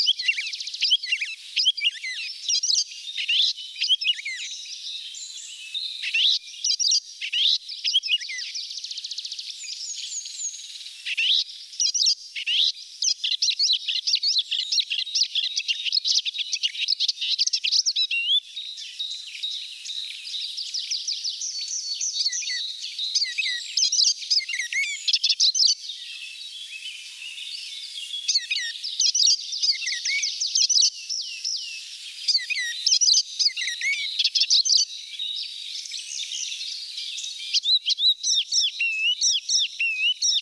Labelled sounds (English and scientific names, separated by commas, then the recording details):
Icterine Warbler (Hippolais icterina) song
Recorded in the wild
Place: Balaton / Hubertuspark, HU
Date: 1990-06-01
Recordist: Schwarz, Dieter